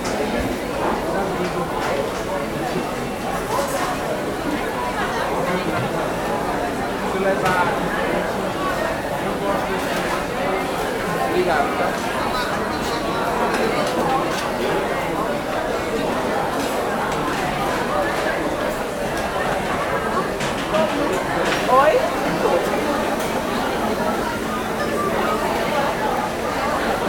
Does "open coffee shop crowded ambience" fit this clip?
yes